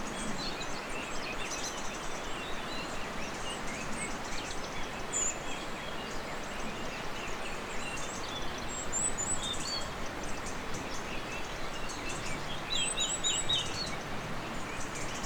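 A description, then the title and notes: A steady, dense rush of water fills the whole clip, even and unbroken from start to finish. Over it, birds chirp and trill in short, bright bursts, most noticeably around five seconds, again near nine, and at thirteen seconds. Sunrise in the mountains — Vernazza, Cinque Terre, Italy. A sunrise in the mountains above picturesque Vernazza, Cinque Terre, Italy. Birds going crazy, river rushing down in the valley on its way to the sea.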